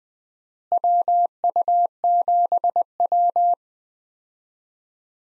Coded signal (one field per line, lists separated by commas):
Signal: Morse code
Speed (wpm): 20 wpm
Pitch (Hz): 700 Hz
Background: none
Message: WU7W